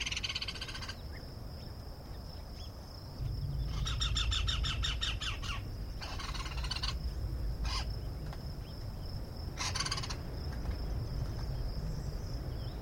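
Bird giving harsh, buzzy squawks in short bursts of rapid repeated notes, several times throughout, over a steady high whine and constant low rumbling noise.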